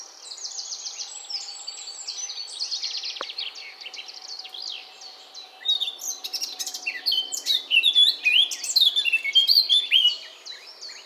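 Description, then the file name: Eurasian blackcap song: a long, quiet scratchy chatter of rapid notes that builds into louder, clearer whistled and warbled phrases toward the end. "Sylvia atricapilla"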